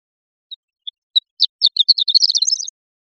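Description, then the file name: Horned lark song: a few separate high, thin notes that speed up into a tinkling, jumbled run rising slightly in pitch at the end, with no other sounds. "CR HOLA 2 030603"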